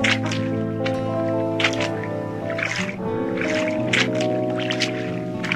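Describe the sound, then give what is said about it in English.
Oars row a boat through water in a steady rhythm, a watery stroke roughly every second, heard beneath a sustained, tuneful musical drone that runs the whole time. “I'm getting ever so tired rowing this boat.”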